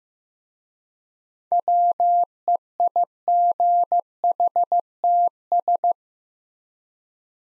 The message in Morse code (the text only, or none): WEIGHTS